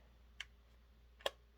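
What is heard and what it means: A small metal makeup tin, its lid already slid off, is pressed into a magnetic palette compact, where the magnets hold it in place. Two sharp metallic ticks sound at 0.4 s and 1.3 s, the second louder and preceded by a faint contact. The tin seats in the compact.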